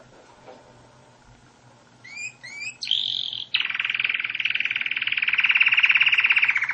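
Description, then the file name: Canary song: quiet opening, then a few quick rising chirps, a brief buzzy note, and a long, steady, rapid trill that carries to the end. "Canary Voice"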